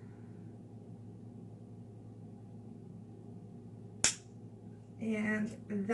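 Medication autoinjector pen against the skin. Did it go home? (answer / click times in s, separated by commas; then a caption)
yes / 4.0 s. A medication autoinjector pen is held in place against the skin while someone talks. A sharp, loud click sounds at 4.0 s as the pen gives its second click and is seated. Speech resumes just after.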